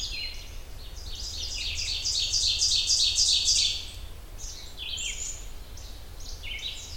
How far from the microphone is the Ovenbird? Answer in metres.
about 15 m